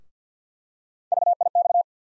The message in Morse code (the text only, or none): VIX